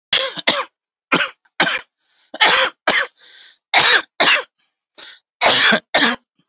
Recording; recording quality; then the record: shallow voluntary cough; excellent, no background noise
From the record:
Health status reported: COVID-19 positive, mild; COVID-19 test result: positive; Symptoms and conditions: cough, breathing difficulty, loss of smell and taste, chronic lung disease, pneumonia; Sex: male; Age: 48 years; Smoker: not ticked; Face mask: not worn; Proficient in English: yes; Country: India